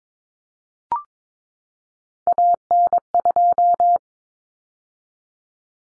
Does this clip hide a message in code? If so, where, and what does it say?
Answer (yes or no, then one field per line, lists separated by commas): yes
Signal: Morse code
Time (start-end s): 2.3-4.0 s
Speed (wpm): 22 wpm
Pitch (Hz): 700 Hz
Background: none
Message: AN2